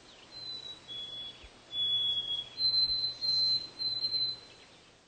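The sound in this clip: White-throated sparrow song: clear, pure whistles, a high note and a couple of slightly lower notes followed by long sustained high whistles, over a faint low hum.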